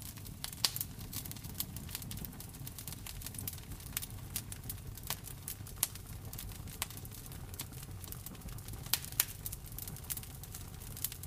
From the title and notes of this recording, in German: Feuer am Kamin. Du hörst in der Einschlafmeditation Feuerknistern von einem Kamin.